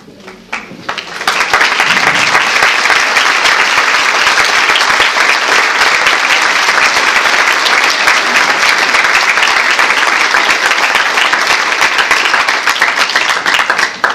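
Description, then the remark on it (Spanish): An audience at a talk on human relationships breaks into sustained applause after a story, after a quiet first second, a dense, steady roar of many hands clapping that holds loud and even for over twelve seconds without any voices. “Bueno, que estos aplausos lleguen al corazón de estos niños, ¿no?”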